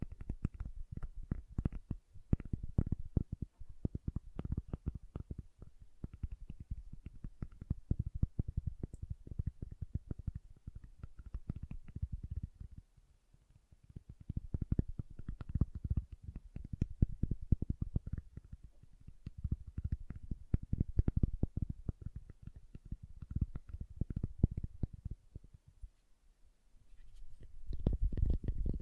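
Fingertips tap and carve at soft and hard soap in dense, quick clusters of small knocks and scrapes, mostly low and dull with some brighter crisp edges. The activity thins out briefly around 13 seconds and again near 26 seconds before picking back up.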